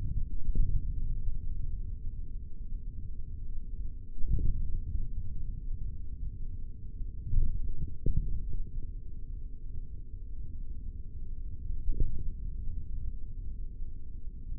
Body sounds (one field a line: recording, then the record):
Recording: forearm muscle sounds (acoustic myography)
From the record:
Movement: index flexion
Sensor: system 3, bracelet of six PUI Audio POM-2738L microphones around the upper forearm, with dedicated amplification and filtering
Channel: 4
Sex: male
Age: 43 years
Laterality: right